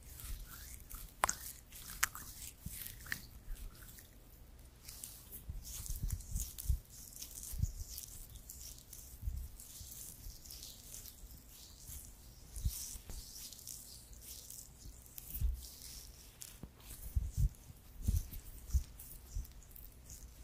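Massaging with creamy products: soft, wet squishing and patting sounds repeat irregularly throughout, with crisp sticky clicks scattered across the twenty seconds. Dull low thumps come and go beneath a steady faint hum, and a few sharper taps stand out near the middle and end.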